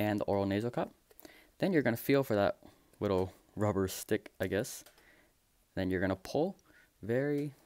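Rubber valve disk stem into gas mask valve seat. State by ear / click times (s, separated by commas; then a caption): not seated / none. Someone talks while reaching inside a US M40A1 gas mask, pulling up the chin cup and oral nasal cup and feeling for the small rubber stem of a valve disk, ready to pull it slowly through its hole into the valve seat. Nothing has seated or clicked yet.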